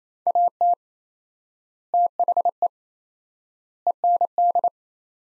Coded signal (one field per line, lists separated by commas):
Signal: Morse code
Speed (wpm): 28 wpm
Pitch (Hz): 700 Hz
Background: none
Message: AT THE END